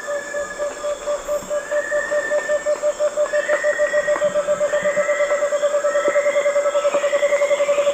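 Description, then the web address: Striated antthrush song, a long, steady series of hooted notes that grows louder, with rising whistled notes above and a continuous insect buzz. Songs of two birds, eastern lowlands of South America. "Natures Songs S America Eastern Lowlands Chamaeza nobilis, songs 2 birds"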